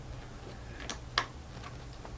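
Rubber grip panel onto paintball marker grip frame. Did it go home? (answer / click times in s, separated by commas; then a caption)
yes / 1.2 s. A rear rubber grip panel is pressed onto a paintball marker's grip frame after the front grip has been fitted. A faint tick comes at 0.9 s, then a sharp snap at 1.2 s as the panel seats in place, followed by a soft tick near 2.1 s. No one talks.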